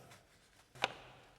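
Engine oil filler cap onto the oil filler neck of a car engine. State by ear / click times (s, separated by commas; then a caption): seated / 0.8 s. A plastic engine oil filler cap is put back onto the oil filler neck of a 2023 VW Tiguan engine (2018–2024 model range) and turned closed. A soft turning sound starts just before a single sharp click at 0.8 s. The click shows the cap is fully closed and seated.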